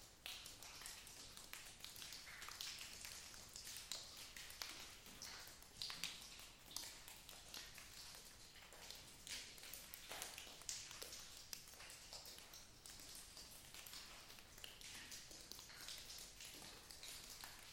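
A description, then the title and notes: Inside a lava tube cave, dense, irregular bright taps and crackling clicks continue steadily for the whole stretch, echoing slightly. At 2.5 miles Ape Cave is the longest continuous lava tube in the contiguous United States, and the third longest in North America. From time to time I like to venture in and record all night (to avoid the disturbance of other hikers during the day). In November 2019 I returned for another night of hiking and recording.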